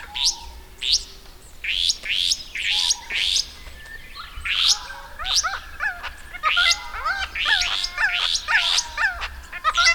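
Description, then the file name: Restless flycatcher giving quick runs of harsh, rasping upslurred notes, with other birds' short hooked and bending whistles underneath. "Myiagra Inquieta"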